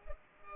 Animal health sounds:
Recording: mosquito wingbeat signal from an infrared sensor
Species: Culex pipiens

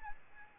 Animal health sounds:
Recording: mosquito wingbeat signal from an infrared sensor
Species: Aedes albopictus

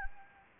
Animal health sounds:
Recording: mosquito wingbeat signal from an infrared sensor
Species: Anopheles gambiae

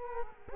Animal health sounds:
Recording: mosquito wingbeat signal from an infrared sensor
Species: Culex quinquefasciatus

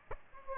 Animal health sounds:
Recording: mosquito wingbeat signal from an infrared sensor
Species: Aedes aegypti

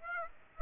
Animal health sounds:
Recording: mosquito wingbeat signal from an infrared sensor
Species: Aedes aegypti

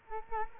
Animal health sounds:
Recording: mosquito wingbeat signal from an infrared sensor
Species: Culex quinquefasciatus

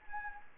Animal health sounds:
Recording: mosquito wingbeat signal from an infrared sensor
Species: Anopheles arabiensis

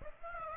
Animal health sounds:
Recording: mosquito wingbeat signal from an infrared sensor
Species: Aedes aegypti

